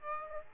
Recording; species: mosquito wingbeat signal from an infrared sensor; Aedes aegypti